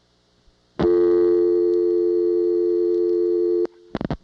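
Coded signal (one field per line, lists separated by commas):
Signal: telephone call progress tone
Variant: North America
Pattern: dial tone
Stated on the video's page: Siemens motor switch telephone exchange signalling at Ocala-Silver Springs, Florida.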